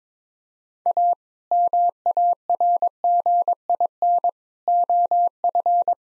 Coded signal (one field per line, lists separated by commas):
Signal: Morse code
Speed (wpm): 22 wpm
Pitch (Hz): 700 Hz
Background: none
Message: A MARGIN OF